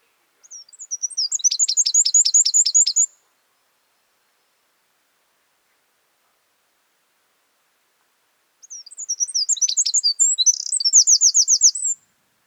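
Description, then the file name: Eurasian wren sings two rapid, piercing high phrases of trills and chirps, each about three seconds, with a long silent pause between them. "Troglodytes troglodytes"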